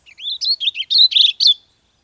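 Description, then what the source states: Warbling Vireo song: one quick, bubbling warble of several looping slurred notes. Western population song, which leaves off the upward accent note at the end more often than eastern birds; mnemonic 'if I see you, I will seize you, and I'll squeeze you till you squish'.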